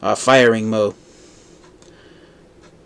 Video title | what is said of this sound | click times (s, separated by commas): Transformers Legacy Evolution Skyquake and Dreadwing double review | as I let go of it. So you can see right there, they don't lock into place in | none